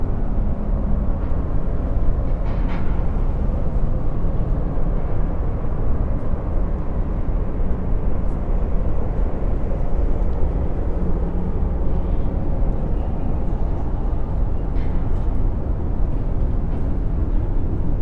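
City sounds on the horizon: a steady, dense low rumble like massed traffic holds at an even loudness for the whole stretch. Occasional faint, brief higher clicks or squeaks surface briefly, near 3, 8 and 15 seconds.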